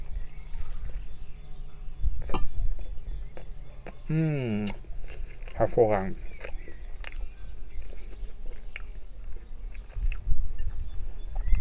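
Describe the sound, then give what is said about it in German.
A bite into a soft burger topped with a thick Bolognese-like sauce, squeezed together at the back first, followed by wet, muffled chewing, with a brief appreciative hum and a short spoken remark partway through. “Einfach mal hinten ein bisschen zusammendrücken und dann beherzt reinbeißen.”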